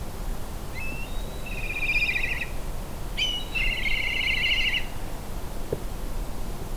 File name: Milan noir